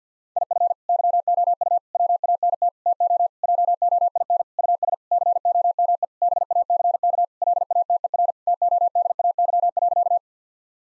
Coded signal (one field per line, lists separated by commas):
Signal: Morse code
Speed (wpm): 50 wpm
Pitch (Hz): 700 Hz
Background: none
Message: IF YOU WANT TO JOIN US COME BACK LATER TODAY.